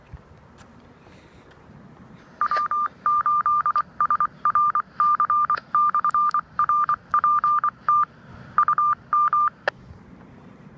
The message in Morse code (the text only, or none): W8SRC/RPT UM